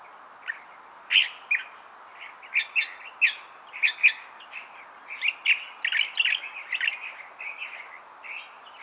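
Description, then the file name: California thrasher song: a steady run of varied, harsh and chirpy phrases, each brief, given about twice a second with short gaps, over faint background hiss. "Toxostoma redivivum - California Thrasher"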